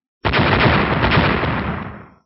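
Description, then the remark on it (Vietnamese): A rapid string of loud, booming explosions resounding across the starry sky runs together into a continuous deep rumble for about two seconds before tapering off. “Liên tiếp những tiếng nổ ầm ầm truyền ra, trên tinh không vang lên những tiếng nổ cực lớn.”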